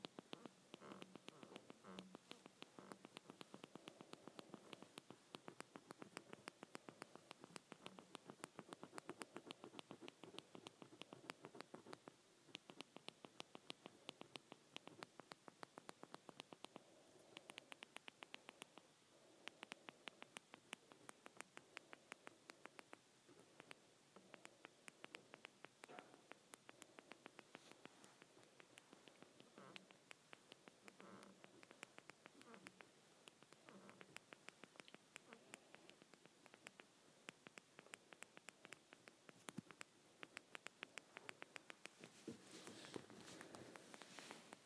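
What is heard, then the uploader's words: Volume buttons on ear buds are pressed over and over, giving dense runs of small sharp clicks that come in rapid bursts with brief gaps throughout. A faint steady hiss sits underneath, and the clicking grows busier and sharper near the end. Volume Buttons (on Ear Buds).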